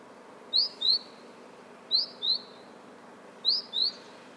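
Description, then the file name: Great tit calls: short, high notes in pairs, each pair repeated about every one and a half seconds, over a faint steady low hiss. "Parus major"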